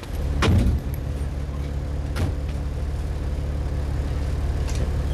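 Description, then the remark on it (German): A milk truck's door thumps shut with a brief clatter, then a steady low engine rumble carries on as the truck pulls away, with a couple of faint knocks over the drone. “Ein hübscher Wagen. Was transportieren Sie denn, wenn ich fragen darf? Milch.”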